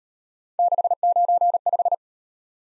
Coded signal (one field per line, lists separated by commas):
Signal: Morse code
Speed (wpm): 38 wpm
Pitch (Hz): 700 Hz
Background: none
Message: 695